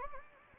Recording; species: mosquito wingbeat signal from an infrared sensor; Anopheles gambiae